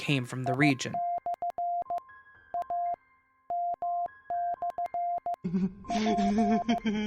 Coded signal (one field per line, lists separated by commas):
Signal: Morse code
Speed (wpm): 15 wpm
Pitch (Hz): 700 Hz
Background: speech, music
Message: I/ AM/ P